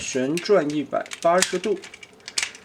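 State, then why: Seated. Someone talks while a plastic ankle part of a Transformers FM02 transforming robot toy's leg, its ankle joint rotated 180 degrees, is pressed on. A sharp snap at 2.4 s shows the part has clipped into place on the leg.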